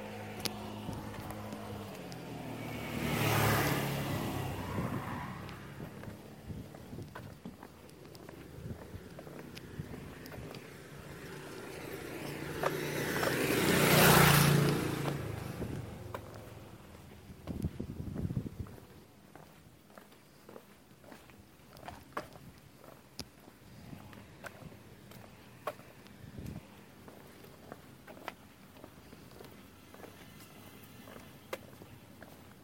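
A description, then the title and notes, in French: Urban street sound from Taormina, Sicily: two vehicles pass, one swelling around three seconds and a louder one near fourteen seconds. Between them and afterward, scattered footsteps and small clicks sit over a low steady hum, with faint speech-like murmurs in the quieter second half. Taormina, Sicily, Italy. Enregistrements audio réalisés en milieu urbain.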